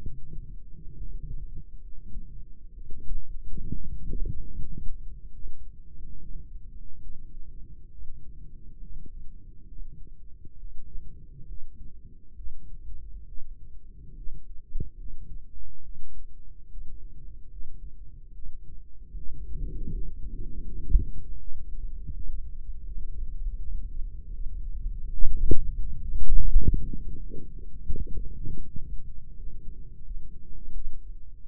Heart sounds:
heart sounds by microphone in the right ear; 74 bpm
0.01 s: heartbeat
0.95 s: heartbeat
1.80 s: heartbeat
2.73 s: heartbeat
3.68 s: heartbeat
4.54 s: heartbeat
5.32 s: heartbeat
6.17 s: heartbeat
6.99 s: heartbeat
7.89 s: heartbeat
8.78 s: heartbeat
9.65 s: heartbeat
10.58 s: heartbeat
11.46 s: heartbeat
12.34 s: heartbeat
13.25 s: heartbeat
14.15 s: heartbeat
14.96 s: heartbeat
15.83 s: heartbeat
16.69 s: heartbeat
17.48 s: heartbeat
18.33 s: heartbeat
19.14 s: heartbeat
19.90 s: heartbeat
20.63 s: heartbeat
21.38 s: heartbeat
22.12 s: heartbeat
22.83 s: heartbeat
23.58 s: heartbeat
24.29 s: heartbeat
25.03 s: heartbeat
25.76 s: heartbeat
26.46 s: heartbeat
27.17 s: heartbeat
27.93 s: heartbeat
28.65 s: heartbeat
29.34 s: heartbeat
30.02 s: heartbeat
30.73 s: heartbeat
31.46 s: heartbeat
From the record:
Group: healthy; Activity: rest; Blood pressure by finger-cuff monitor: 128/72 mmHg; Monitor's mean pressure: 91 mmHg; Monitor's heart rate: 73 bpm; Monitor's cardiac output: 7 L/min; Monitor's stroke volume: 97 mL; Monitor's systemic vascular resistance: 910 dyn s/cm5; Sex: female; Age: 22 years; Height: 154 cm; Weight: 58.7 kg

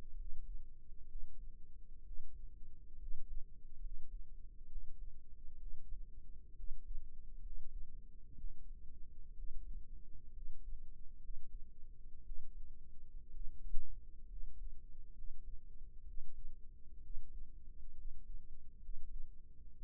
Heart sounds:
heart sounds by microphone in the right ear; 64 bpm
0.15 s: heartbeat
1.07 s: heartbeat
2.03 s: heartbeat
2.97 s: heartbeat
3.80 s: heartbeat
4.67 s: heartbeat
5.57 s: heartbeat
6.55 s: heartbeat
7.41 s: heartbeat
8.35 s: heartbeat
9.34 s: heartbeat
10.32 s: heartbeat
11.19 s: heartbeat
12.23 s: heartbeat
13.31 s: heartbeat
14.27 s: heartbeat
15.13 s: heartbeat
16.04 s: heartbeat
17.01 s: heartbeat
17.94 s: heartbeat
18.80 s: heartbeat
19.74 s: heartbeat
From the record:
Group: healthy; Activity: rest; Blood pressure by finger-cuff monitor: 127/74 mmHg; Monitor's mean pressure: 89 mmHg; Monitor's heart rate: 63 bpm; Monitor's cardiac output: 5.9 L/min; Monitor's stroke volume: 92 mL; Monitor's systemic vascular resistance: 1080 dyn s/cm5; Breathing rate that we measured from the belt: 16 breaths a minute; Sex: male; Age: 22 years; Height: 181 cm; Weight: 79 kg

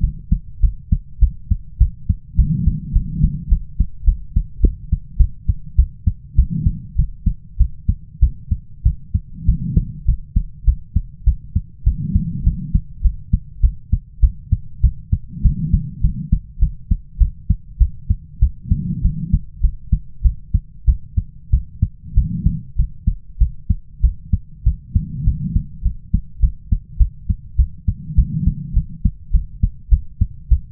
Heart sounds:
heart sounds by stethoscope; 100 bpm
0.01 s: heartbeat
0.60 s: heartbeat
1.19 s: heartbeat
1.78 s: heartbeat
2.36 s: heartbeat
2.93 s: heartbeat
3.49 s: heartbeat
4.05 s: heartbeat
4.61 s: heartbeat
5.17 s: heartbeat
5.76 s: heartbeat
6.35 s: heartbeat
6.96 s: heartbeat
7.57 s: heartbeat
8.20 s: heartbeat
8.83 s: heartbeat
9.45 s: heartbeat
10.05 s: heartbeat
10.65 s: heartbeat
11.24 s: heartbeat
11.84 s: heartbeat
12.44 s: heartbeat
13.02 s: heartbeat
13.61 s: heartbeat
14.20 s: heartbeat
14.81 s: heartbeat
15.42 s: heartbeat
16.01 s: heartbeat
16.59 s: heartbeat
17.18 s: heartbeat
17.78 s: heartbeat
18.39 s: heartbeat
19.02 s: heartbeat
19.61 s: heartbeat
20.22 s: heartbeat
20.85 s: heartbeat
21.50 s: heartbeat
22.14 s: heartbeat
22.76 s: heartbeat
23.38 s: heartbeat
24.01 s: heartbeat
24.64 s: heartbeat
25.24 s: heartbeat
25.82 s: heartbeat
26.40 s: heartbeat
26.98 s: heartbeat
27.56 s: heartbeat
28.15 s: heartbeat
28.74 s: heartbeat
29.31 s: heartbeat
29.89 s: heartbeat
30.49 s: heartbeat
From the record:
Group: healthy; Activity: cold pressor test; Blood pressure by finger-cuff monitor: 101/72 mmHg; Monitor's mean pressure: 84 mmHg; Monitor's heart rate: 101 bpm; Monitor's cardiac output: 8.1 L/min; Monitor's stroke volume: 80 mL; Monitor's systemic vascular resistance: 760 dyn s/cm5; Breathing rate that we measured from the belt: 19 breaths a minute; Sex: female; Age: 22 years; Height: 157 cm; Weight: 47.6 kg

